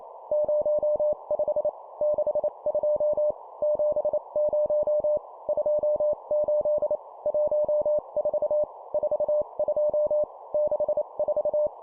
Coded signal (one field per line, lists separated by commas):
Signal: Morse code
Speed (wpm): 28 wpm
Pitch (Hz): 600 Hz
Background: none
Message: 05 62 70 28 14 42 64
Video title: 25wpm Two number words, morse code course